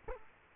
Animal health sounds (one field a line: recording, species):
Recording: mosquito wingbeat signal from an infrared sensor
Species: Culex quinquefasciatus